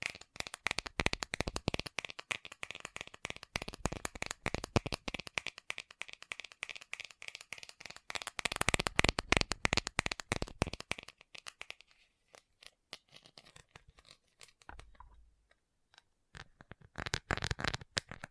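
Fast tapping in rapid, dense bursts of sharp, bright clicks, almost continuous for the first twelve seconds with a short lull around seven seconds. After a sparser, quieter stretch with a brief low thump near fifteen seconds, the quick tapping returns at seventeen seconds.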